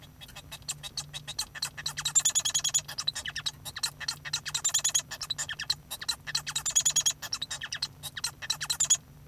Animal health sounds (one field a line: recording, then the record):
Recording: song of a male Bengalese finch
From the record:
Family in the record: son of father 1